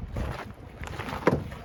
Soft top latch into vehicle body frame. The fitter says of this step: you're gonna push it down until it clicks on both sides make sure it's locked in we're good to go